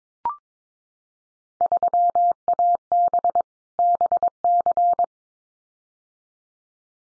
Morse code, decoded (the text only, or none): 3AB BC